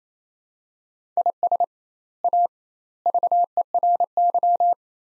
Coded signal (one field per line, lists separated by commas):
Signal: Morse code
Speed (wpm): 27 wpm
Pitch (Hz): 700 Hz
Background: none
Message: IS A VERY